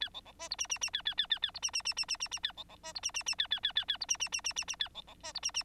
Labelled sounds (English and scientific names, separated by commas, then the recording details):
Bengalese Finch (Lonchura striata domestica) song
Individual Bird9